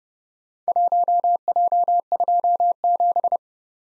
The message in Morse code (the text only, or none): 1J27